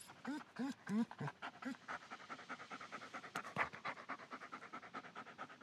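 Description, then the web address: German Shepherd dog whining in short rising-falling cries at the start, then quick, steady breathy panting that continues to the end. German Shepherd dog panting and whining. "Big Room Sound Dog German Shepherd"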